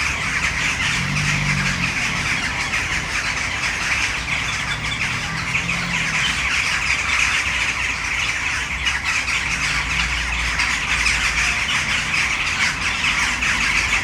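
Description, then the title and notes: Western jackdaws in a dense, unbroken chorus of squawky calls, with traffic rumbling low underneath. Many jackdaws in one tree, city centre of Brno, Czech Republic, at sunset. "Malinovského nám. 571/1, 602 00 Brno-střed-Brno-město, Česko - Western jackdaws at sunset. A tree full of jackdaws in the city center of Brno"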